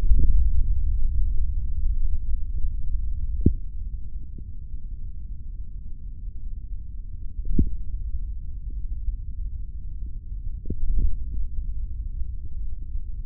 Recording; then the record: forearm muscle sounds (acoustic myography)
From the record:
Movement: tripod grip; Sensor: system 3, bracelet of six PUI Audio POM-2738L microphones around the upper forearm, with dedicated amplification and filtering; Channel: 1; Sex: male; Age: 25 years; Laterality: right